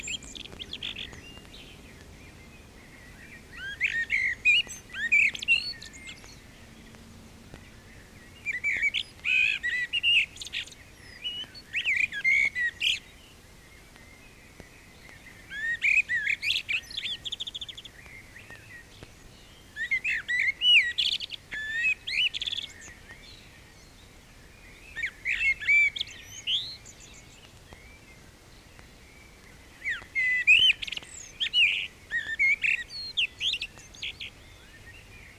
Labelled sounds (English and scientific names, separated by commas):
Common Blackbird (Turdus merula) song